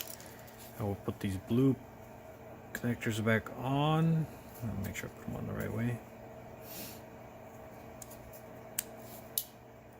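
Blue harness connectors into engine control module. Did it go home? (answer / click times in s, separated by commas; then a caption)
yes / 8.8 s, 9.4 s. Someone talks while blue connectors on a standalone LS wiring harness are pushed back onto the engine control module, oriented the right way. Two sharp clicks follow at 8.8 s and 9.4 s, and the connectors are seated.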